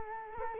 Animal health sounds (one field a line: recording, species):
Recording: mosquito wingbeat signal from an infrared sensor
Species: Culex quinquefasciatus